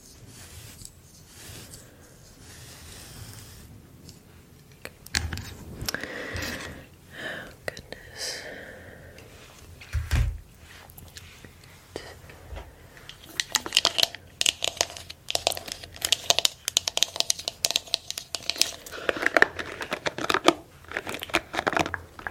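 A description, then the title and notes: Hair is handled close up, starting quiet, then irregular crinkly rustles, a soft thump near ten seconds, and denser crackling later. Unpredictable, Up-Close Hair Play.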